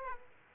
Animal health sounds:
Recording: mosquito wingbeat signal from an infrared sensor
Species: Aedes aegypti

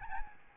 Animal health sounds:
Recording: mosquito wingbeat signal from an infrared sensor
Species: Aedes albopictus

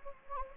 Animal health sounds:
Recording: mosquito wingbeat signal from an infrared sensor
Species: Anopheles gambiae

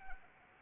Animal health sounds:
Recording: mosquito wingbeat signal from an infrared sensor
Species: Anopheles arabiensis

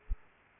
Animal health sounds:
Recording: mosquito wingbeat signal from an infrared sensor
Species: Aedes aegypti

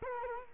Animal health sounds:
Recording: mosquito wingbeat signal from an infrared sensor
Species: Culex quinquefasciatus

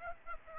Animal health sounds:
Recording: mosquito wingbeat signal from an infrared sensor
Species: Aedes aegypti

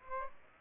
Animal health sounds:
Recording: mosquito wingbeat signal from an infrared sensor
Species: Aedes aegypti

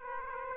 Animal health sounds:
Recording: mosquito wingbeat signal from an infrared sensor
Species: Aedes aegypti

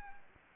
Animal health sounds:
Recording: mosquito wingbeat signal from an infrared sensor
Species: Anopheles arabiensis

